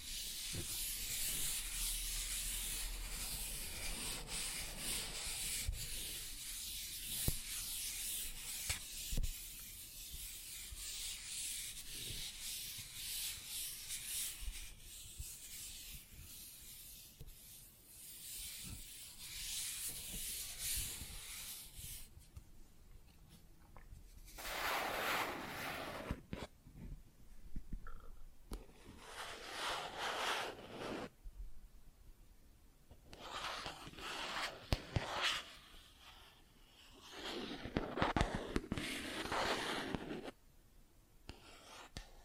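Plastic objects are scratched and rubbed in a steady, dense rasping for the first twenty seconds, with occasional sharp taps. After that the sound breaks into separate bursts of hissy scraping, around 25, 29, 34 and 38 seconds, with quieter gaps between them.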